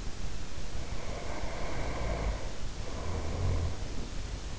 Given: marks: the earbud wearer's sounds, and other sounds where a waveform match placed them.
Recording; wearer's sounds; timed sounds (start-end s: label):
sounds in sleep by an in-ear microphone; snoring breath
0.78-4.03 s: snoring breath